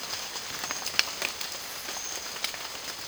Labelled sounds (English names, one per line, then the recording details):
none
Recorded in secondary vegetation near Puerto Asís, Putumayo, Colombia, on 30 June 2025 at 13:00
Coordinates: 0.499, -76.323
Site G077